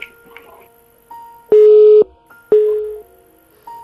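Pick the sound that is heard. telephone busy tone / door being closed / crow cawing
telephone busy tone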